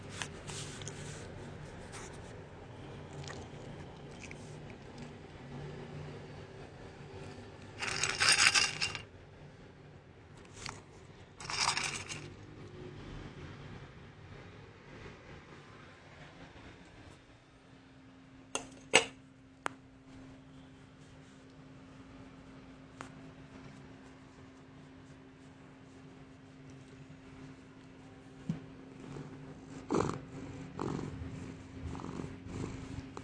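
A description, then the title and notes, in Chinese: A cat purrs, a low steady rumble after a meal. Two short scraping rustles come near 8 and 12 seconds, then a few sharp clinks around 19 seconds and near the end, over a faint steady hum. 吃飽收碗討摸的呼嚕聲。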